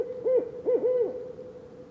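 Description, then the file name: Barred Owl hooting, three rich deep hoots with slurred rising-then-falling inflections, the last one drawn out, against a quiet background. Song, recorded in Mont-Tremblant National Park on 21 March 2018. "loiseau-son-chouette-rayecc 81 e-chant-parc-national-du-mont-tremblant"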